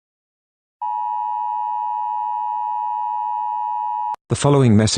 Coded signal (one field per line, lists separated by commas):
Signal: Emergency Alert System (SAME) tones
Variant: 853 and 960 Hz attention tone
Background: speech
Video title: EAS Scenario #13: The Rake Massacre.